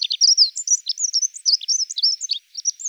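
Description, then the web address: Dunnock song, a fast, thin warble of high jumbled twittering notes running almost continuously for three seconds, with a brief pause near the end. "Prunella modularis"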